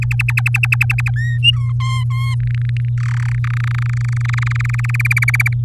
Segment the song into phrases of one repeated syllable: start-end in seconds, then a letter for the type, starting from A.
0.02-1.10 A, 1.16-1.38 B, 1.43-1.72 C, 1.80-2.35 D, 2.40-2.89 E, 2.98-3.38 F, 3.44-4.91 G, 4.94-5.53 H